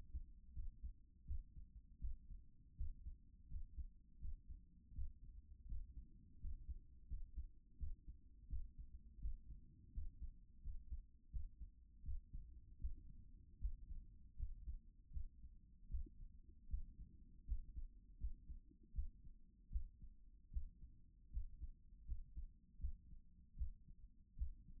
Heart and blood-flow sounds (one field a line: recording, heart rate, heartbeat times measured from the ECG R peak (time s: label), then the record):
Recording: heart sounds by stethoscope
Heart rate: 81 bpm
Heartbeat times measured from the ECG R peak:
0.55 s: heartbeat
1.26 s: heartbeat
2.00 s: heartbeat
2.77 s: heartbeat
3.49 s: heartbeat
4.20 s: heartbeat
4.95 s: heartbeat
5.68 s: heartbeat
6.41 s: heartbeat
7.09 s: heartbeat
7.79 s: heartbeat
8.49 s: heartbeat
9.21 s: heartbeat
9.93 s: heartbeat
10.63 s: heartbeat
11.32 s: heartbeat
12.04 s: heartbeat
12.80 s: heartbeat
13.60 s: heartbeat
14.38 s: heartbeat
15.12 s: heartbeat
15.90 s: heartbeat
16.69 s: heartbeat
17.47 s: heartbeat
18.19 s: heartbeat
18.94 s: heartbeat
19.71 s: heartbeat
20.52 s: heartbeat
21.32 s: heartbeat
22.07 s: heartbeat
22.80 s: heartbeat
23.57 s: heartbeat
24.37 s: heartbeat
From the record:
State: after exercise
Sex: female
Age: 25 years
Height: 170 cm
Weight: 60 kg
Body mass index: 20.76